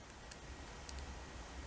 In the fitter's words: there's your clicking sound so hopefully it worked